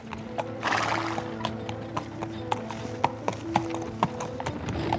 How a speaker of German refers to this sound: Und nachdem er sein Fahrgeld eingesteckt hatte, wendete er das Pferd und fuhr rasch dem Fluss zu.